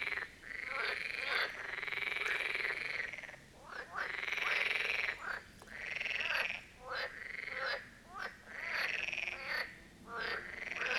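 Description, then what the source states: Dense marsh frog chorus: long, buzzy, rattling croaks run almost continuously, broken by brief pauses and short notes. A chorus at the Birkensee, Schönbuch, Germany, recorded on one of the first proper hot summer days of 2023.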